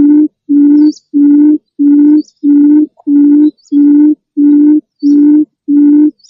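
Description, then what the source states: Bird calls: low, steady hooting notes with faint overtones, about ten identical notes repeated at an even pace of roughly every 0.6 seconds. Lure sound for birds that are hard to approach.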